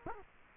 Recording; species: mosquito wingbeat signal from an infrared sensor; Culex quinquefasciatus